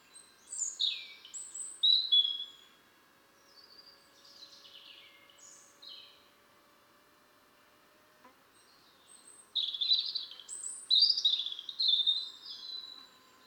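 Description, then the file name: European robin song: high, thin twittering phrases, a quieter stretch with a long pause, then a loud burst of rapid warbles. "Erithacus rubecula"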